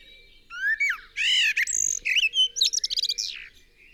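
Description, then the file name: Common blackbird song: a mellow warbled phrase that runs straight into a dense, scratchy, high twittering flourish, over a faint low hum. "Turdus merula"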